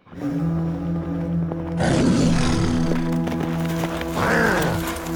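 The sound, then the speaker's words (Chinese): Beast howls rising all around and roars over a low, steady droning background, growing louder partway through as they come closer, with two throaty, rising-and-falling roaring bursts standing out; no one speaks. “这时周围的号叫声再次响起，这次离得更近。”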